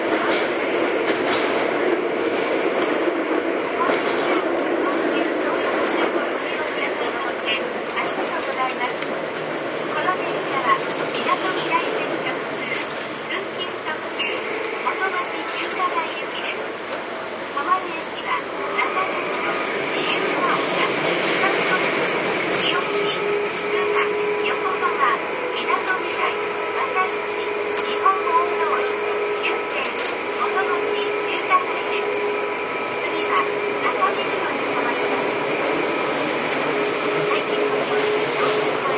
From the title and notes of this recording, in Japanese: 東武9000系 小竹向原ー日吉。東京メトロ副都心線→東急東横線の区間で録音。急行運用のため、モーター音が激しいです。